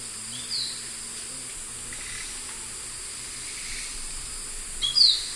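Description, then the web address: Western striped manakin calls: two short, sharp high notes, one early and one near the end, over a steady high insect drone. Recorded in the eastern lowlands of South America. "Nature Songs S America Eastern Lowlands. Western Striped Manakin"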